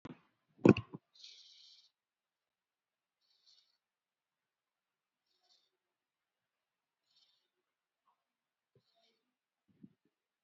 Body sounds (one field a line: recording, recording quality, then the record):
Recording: deep breathing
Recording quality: excellent, no background noise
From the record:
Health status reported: COVID-19 positive, moderate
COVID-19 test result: positive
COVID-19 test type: RT-PCR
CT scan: not taken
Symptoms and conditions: cold, fever, muscle pain, diarrhoea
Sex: female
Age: 42 years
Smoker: no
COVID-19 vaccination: both doses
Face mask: worn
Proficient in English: yes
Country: India